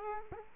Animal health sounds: mosquito wingbeat signal from an infrared sensor; Culex quinquefasciatus

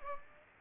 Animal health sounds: mosquito wingbeat signal from an infrared sensor; Aedes aegypti

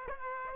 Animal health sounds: mosquito wingbeat signal from an infrared sensor; Aedes aegypti

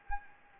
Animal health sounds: mosquito wingbeat signal from an infrared sensor; Anopheles gambiae

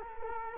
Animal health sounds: mosquito wingbeat signal from an infrared sensor; Culex quinquefasciatus

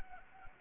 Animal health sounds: mosquito wingbeat signal from an infrared sensor; Anopheles arabiensis

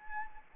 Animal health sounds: mosquito wingbeat signal from an infrared sensor; Anopheles arabiensis

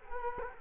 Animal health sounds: mosquito wingbeat signal from an infrared sensor; Culex quinquefasciatus

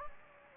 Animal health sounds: mosquito wingbeat signal from an infrared sensor; Anopheles gambiae

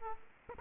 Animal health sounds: mosquito wingbeat signal from an infrared sensor; Aedes aegypti

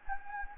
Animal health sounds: mosquito wingbeat signal from an infrared sensor; Anopheles gambiae

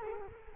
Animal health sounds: mosquito wingbeat signal from an infrared sensor; Culex quinquefasciatus

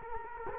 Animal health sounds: mosquito wingbeat signal from an infrared sensor; Culex quinquefasciatus

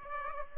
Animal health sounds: mosquito wingbeat signal from an infrared sensor; Aedes aegypti

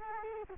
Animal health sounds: mosquito wingbeat signal from an infrared sensor; Culex quinquefasciatus

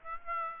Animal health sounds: mosquito wingbeat signal from an infrared sensor; Aedes aegypti

